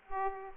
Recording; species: mosquito wingbeat signal from an infrared sensor; Aedes aegypti